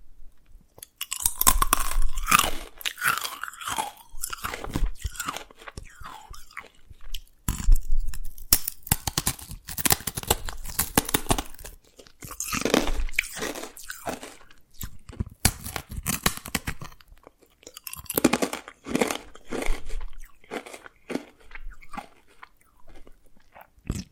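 Dalgona candy being tapped and cracked, with dense clusters of sharp, bright crunches and clicks coming in irregular bursts throughout. Brief pauses break the activity around 7 and 18 seconds, and a soft low rumble sits underneath some of the crackling.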